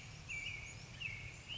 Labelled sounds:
American Robin
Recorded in Sonoma County, California

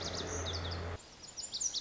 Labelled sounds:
Lazuli Bunting
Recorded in Sonoma County, California

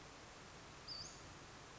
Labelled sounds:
Western Flycatcher
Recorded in Sonoma County, California

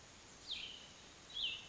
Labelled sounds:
Cassin's Vireo
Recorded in Sonoma County, California

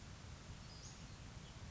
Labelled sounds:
Western Flycatcher
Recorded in Sonoma County, California

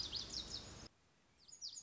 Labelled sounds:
Lazuli Bunting
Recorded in Sonoma County, California

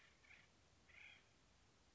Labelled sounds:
Acorn Woodpecker
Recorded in Sonoma County, California

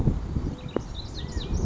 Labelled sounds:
California Quail
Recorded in Sonoma County, California

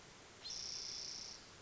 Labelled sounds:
Spotted Towhee
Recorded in Sonoma County, California

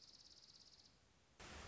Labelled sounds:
Dark-eyed Junco
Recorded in Sonoma County, California

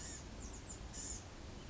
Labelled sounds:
Blue-gray Gnatcatcher
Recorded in Sonoma County, California

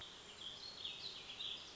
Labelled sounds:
Warbling Vireo
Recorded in Sonoma County, California

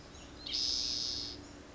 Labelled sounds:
Spotted Towhee
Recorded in Sonoma County, California

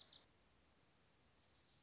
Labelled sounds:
Wilson's Warbler
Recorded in Sonoma County, California

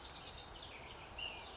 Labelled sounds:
Ash-throated Flycatcher
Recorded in Sonoma County, California

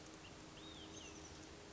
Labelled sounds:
Olive-sided Flycatcher
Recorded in Sonoma County, California

